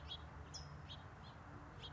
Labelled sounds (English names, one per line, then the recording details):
California Towhee
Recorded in Sonoma County, California